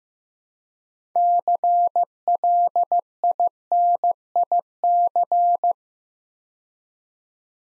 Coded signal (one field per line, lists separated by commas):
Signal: Morse code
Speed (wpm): 15 wpm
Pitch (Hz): 700 Hz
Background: none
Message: CLINIC